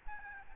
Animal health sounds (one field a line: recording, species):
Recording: mosquito wingbeat signal from an infrared sensor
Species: Aedes albopictus